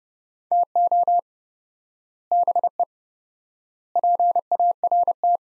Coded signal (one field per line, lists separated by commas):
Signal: Morse code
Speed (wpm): 32 wpm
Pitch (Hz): 700 Hz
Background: none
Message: TO BE PART